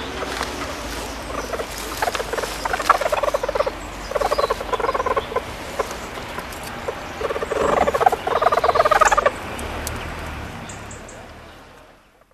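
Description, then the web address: Stoat making rapid pulsed trilling chatters in bursts of one to two seconds, with short pauses between them, over a steady background hiss. "earth naturelibrary assets s st stoat"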